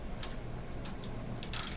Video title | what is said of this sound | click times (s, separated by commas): IME 146 Geneva Drive Wheel Virtual Machining Lab | and we tighten until we hear the nice little click right there now we know it's been torqued so | 1.6 s